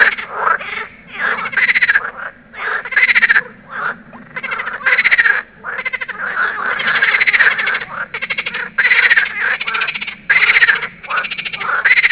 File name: meer groene kikker roepkoor